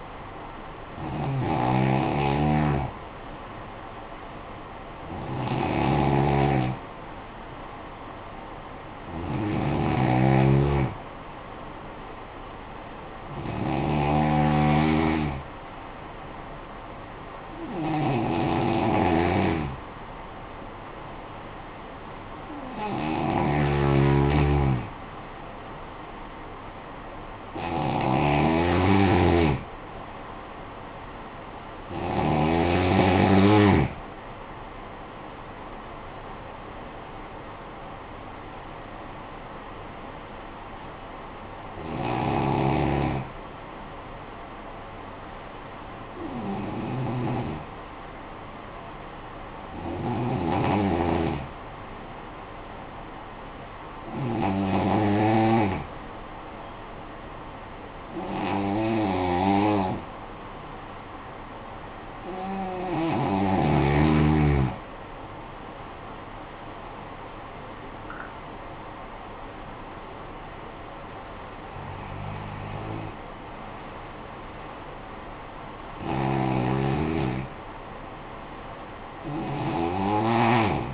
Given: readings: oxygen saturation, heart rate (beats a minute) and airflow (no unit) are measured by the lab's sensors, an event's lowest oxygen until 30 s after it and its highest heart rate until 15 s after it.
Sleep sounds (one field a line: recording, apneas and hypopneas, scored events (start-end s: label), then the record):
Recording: breathing in sleep by a voice recorder at the bedside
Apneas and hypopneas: 1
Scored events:
47.00-65.30 s: hypopnea (N2, oxygen 95% highest, then 88% lowest, heart rate 52 at the start, 69 highest)
From the record:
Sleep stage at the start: N2 (light sleep)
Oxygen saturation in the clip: 88 to 95%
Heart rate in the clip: 51 to 69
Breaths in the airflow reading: 18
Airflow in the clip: -11.2 to 12.3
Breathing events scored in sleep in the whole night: 445 in 7.6 hours asleep